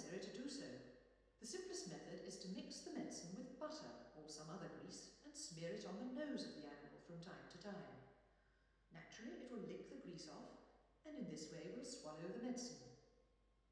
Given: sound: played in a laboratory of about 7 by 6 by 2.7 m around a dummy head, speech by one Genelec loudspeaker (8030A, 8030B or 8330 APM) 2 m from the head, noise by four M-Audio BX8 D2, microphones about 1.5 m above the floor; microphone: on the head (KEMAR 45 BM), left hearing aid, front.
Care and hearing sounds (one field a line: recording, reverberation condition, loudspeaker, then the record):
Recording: female speech in English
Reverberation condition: high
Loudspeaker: 150 degrees to the left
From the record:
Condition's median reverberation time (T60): about 1300 ms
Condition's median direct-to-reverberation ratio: about -4.0 dB